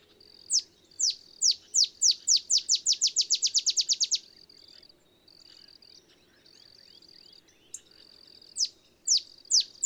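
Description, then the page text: Olive sparrow song: a series of sharp chips that speeds into a quick trill for about four seconds, then a quiet gap before another series begins. Simple songs like a field sparrow's bouncing-ball song, though less mellow; early morning in Texas, 50 miles north of the Mexican border. "Olive sparrow. Recording early morning just 50 miles north of the Mexican border in Texas"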